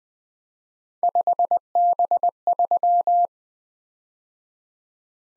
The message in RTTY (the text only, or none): none